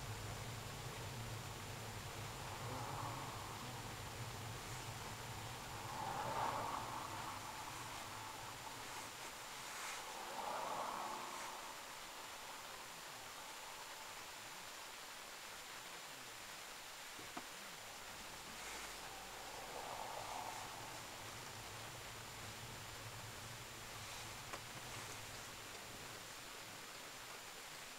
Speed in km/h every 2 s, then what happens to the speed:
18, 18, 17, 11, 6, 1, 0, 0, 0, 0, 7, 10, 10, 3.
4-10 slows to 1. 10-19 standing. 19-21 pulls away to 10. 24-28 slows to 3.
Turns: none.